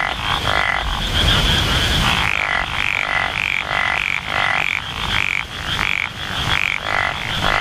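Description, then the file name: Japanese wrinkled frog croaking repeatedly, each call a short buzzy rattle, backed by a continuous high-pitched insect trill. "tsuchigaeru"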